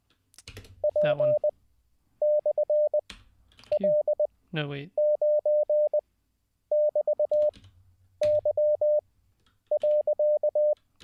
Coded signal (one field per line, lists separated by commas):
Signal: Morse code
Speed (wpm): 20 wpm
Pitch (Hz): 600 Hz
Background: speech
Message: P/L9<BT>Y.